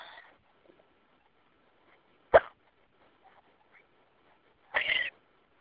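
Two abrupt, sharp vocal bursts about two and a half seconds apart stand out against a quiet, faintly noisy line in a phone message. These are hiccups: sudden involuntary spasms of the diaphragm cut off by a snap shut of the vocal cords.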